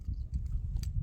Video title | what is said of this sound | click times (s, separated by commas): 300zx gets parts!!! In depth fuse box relocation. | slide it in. You should hear a click. Just like that. It's clicked. | 0.8 s